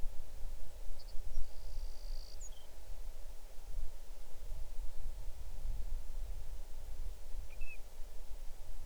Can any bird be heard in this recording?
yes